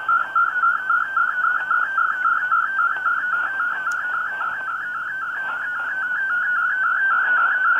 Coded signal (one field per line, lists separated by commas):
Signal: multi-tone FSK (Olivia or MFSK type)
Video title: 5850 kHz WRMI Broadcasting Digital Modes - Sony ICF-SW7600GR